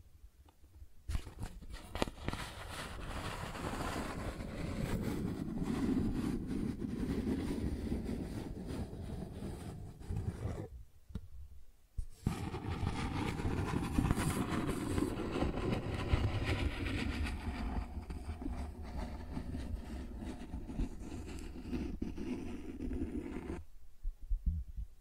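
Cardboard being scratched and rubbed in a dense, rough stream of grating noise that rises and falls in strokes. It runs from about one second to ten, stops briefly near eleven, then resumes with a steadier, slightly brighter scraping until it cuts off around twenty-three seconds.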